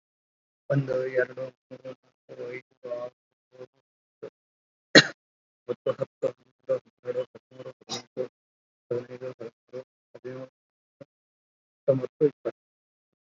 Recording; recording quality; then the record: counting at a fast pace; poor, much background noise or distortion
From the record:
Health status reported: COVID-19 positive, moderate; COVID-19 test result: positive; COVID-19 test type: RT-PCR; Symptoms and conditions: cold, fever, fatigue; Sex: male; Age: 25 years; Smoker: no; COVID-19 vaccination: both doses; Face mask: worn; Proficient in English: no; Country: India